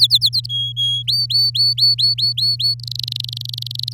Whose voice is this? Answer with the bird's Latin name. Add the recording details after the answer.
Serinus canaria. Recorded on 7 May 2018 at 05:58. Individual llb16